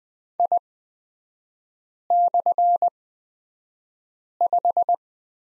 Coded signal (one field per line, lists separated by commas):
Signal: Morse code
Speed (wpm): 20 wpm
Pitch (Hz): 700 Hz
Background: none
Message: I/5